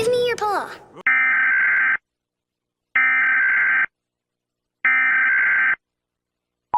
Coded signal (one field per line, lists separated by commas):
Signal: Emergency Alert System (SAME) tones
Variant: header bursts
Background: speech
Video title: Jovian Channel Eas Channel Alarm